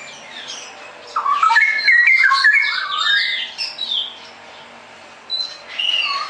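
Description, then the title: Straw-headed bulbul, a brief burst of fluty, tumbling warbled notes followed by quieter stretches and a few scattered high notes. Masteran song-tutoring recording for caged birds; described as clear quality, cucak rowo 'ropel gacor' song style. "mster Mnuk. Masteran Burung CUCAK ROWO Kualitas Jernih. Cucak Rowo Ropel Gacor"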